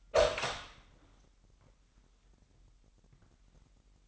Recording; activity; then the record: daily activity, microphone in the room; open door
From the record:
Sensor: 3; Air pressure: 998.4 hPa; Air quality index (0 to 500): 138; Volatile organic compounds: 4 ppm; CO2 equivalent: 1650 ppm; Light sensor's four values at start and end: 16/44/18/17 and 16/44/18/17